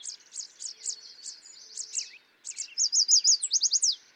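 Yellow warbler song: a series of evenly spaced high notes, a brief pause, then a bright rapid run of notes.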